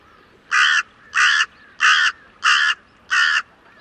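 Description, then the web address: Bird giving five loud, harsh caws in a steady series, about one every two-thirds of a second, with little else audible. "cianscape. Deverinetal 2025. Bird Only"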